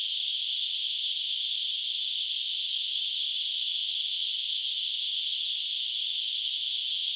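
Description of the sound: A steady, unbroken high-pitched hiss, a narrow band of noise centred in the upper-middle pitch range, holds the same loudness for about seven seconds. It is a simulation of tinnitus, the constant phantom ringing or hissing heard in the ears without any outside source.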